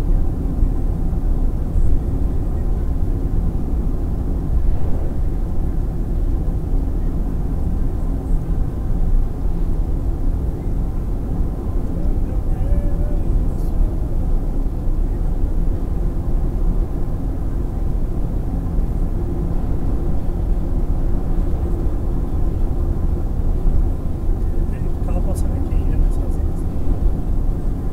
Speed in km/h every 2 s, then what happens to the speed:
82, 83, 83, 84, 85, 87, 88, 89, 90, 92, 94, 93, 88, 84.
0-20 speeds up to 94. 20-28 slows to 84.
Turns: none.